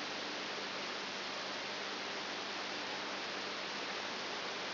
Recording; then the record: brain microelectrode recording played as sound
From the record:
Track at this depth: outside the subthalamic nucleus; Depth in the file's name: 6.9 mm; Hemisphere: right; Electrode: 2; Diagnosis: Parkinson's disease